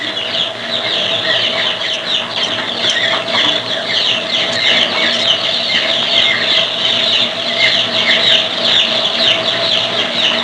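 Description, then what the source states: Chicks peeping, many high cheeps overlapping into a constant busy chatter throughout. Baby chicks.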